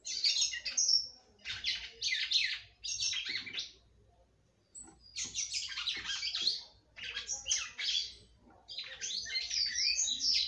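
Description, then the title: Red-cowled cardinal song: five or six separate bursts of fast, buzzy high chatter and whistles, with a clear pause near the middle. "Galo De Campina"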